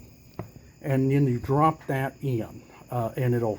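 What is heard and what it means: With its retaining tabs pushed outward, a new plastic pull-start top rope assembly (recoil starter) is dropped into the engine top of a TB110 push mower and snaps into place with a sharp click at 0.4 s. Someone talks over faint, steady high-pitched tones. The assembly is seated.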